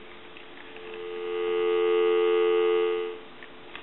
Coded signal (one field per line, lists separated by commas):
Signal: telephone call progress tone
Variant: North America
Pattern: dial tone